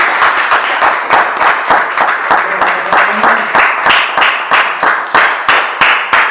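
A crowd applauds in a loud, steady rhythm, many hands clapping together in evenly spaced beats that keep going throughout with little variation.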